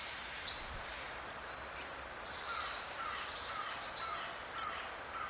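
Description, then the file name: European robin calls: two sharp, very high ticking notes about three seconds apart, with faint thin notes between them over a steady background hiss. "Erithacus rubecula"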